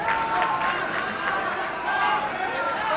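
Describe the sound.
A concert audience calls out together, many overlapping voices forming a steady, dense clamour of shouts and chatter that holds at an even, fairly loud level throughout.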